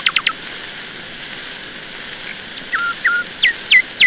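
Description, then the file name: Nightingale phrase of a few quick notes, then five short, separated notes that slur downward. "Solovei"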